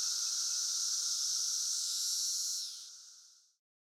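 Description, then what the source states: Periodical cicadas droning in a high shrill chorus that abruptly thins out and fades to silence near the end. Chorus in Central Illinois during the 2024 cicada super bloom.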